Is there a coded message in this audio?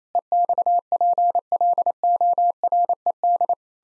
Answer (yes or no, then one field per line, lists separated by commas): yes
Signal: Morse code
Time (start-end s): 0.1-3.5 s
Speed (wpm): 28 wpm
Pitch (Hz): 700 Hz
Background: none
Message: EXPLORED